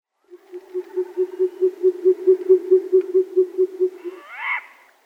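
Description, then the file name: Short-eared owl hooting: a rapid, evenly spaced series of many low, hollow hoots over about four seconds, followed by one brief higher, wavering squeal. "Sumpfohreule Asio flammeus"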